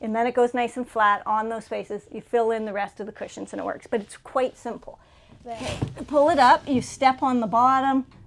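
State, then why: Not seated. Someone talks while raising the collapsible dinette table in a Flagstaff Micro Lite 25FKS trailer, pulling it up and stepping on the bottom of the folding table leg to push it into its locking mechanism. The table is being handled, but nothing has seated or clicked yet.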